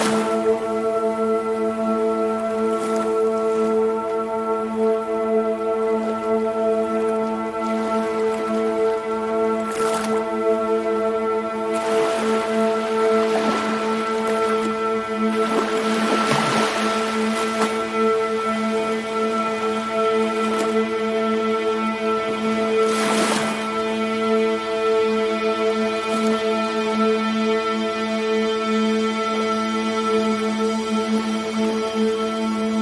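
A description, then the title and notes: A steady ambient drone holds a sustained chord of low and middle tones throughout, unchanging in level. Over it, hissing washes of water swell and fade, strongest around 12–17 and 23 seconds, with soft splashy drips scattered between. Oceanic Ambience: Soothing Ambient Music Accompanied by the Sound of Ocean Waves.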